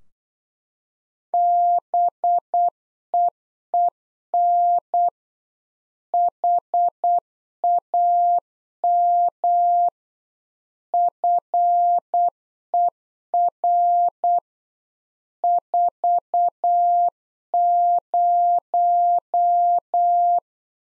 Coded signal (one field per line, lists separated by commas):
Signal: Morse code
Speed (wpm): 8 wpm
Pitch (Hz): 700 Hz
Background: none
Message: BEEN HAM FER 40